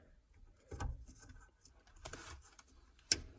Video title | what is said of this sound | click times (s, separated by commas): 2007 - 2011 Toyota Camry Code P0171 System too lean - Fixed!! | all this awesome you hear that click so | 3.1 s